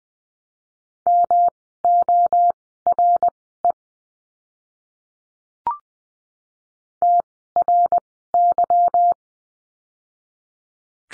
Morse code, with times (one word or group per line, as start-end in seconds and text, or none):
1.1-3.7 MORE
7.0-9.1 TRY